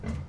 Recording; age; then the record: pig call; growing-finishing pig (85 days or more)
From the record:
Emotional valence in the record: positive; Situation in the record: run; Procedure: transit